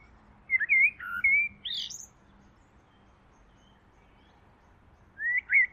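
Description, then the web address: Bird song: one phrase of looping, whistled notes ending in a higher squeak, silence, then two short rising slurs. "Deverinetal. Bird Only"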